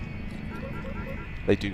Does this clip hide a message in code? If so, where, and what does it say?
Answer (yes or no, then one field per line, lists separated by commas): no